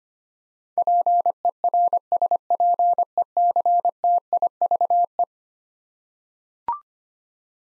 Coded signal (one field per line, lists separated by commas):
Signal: Morse code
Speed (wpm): 25 wpm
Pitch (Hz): 700 Hz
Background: none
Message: PERSPECTIVE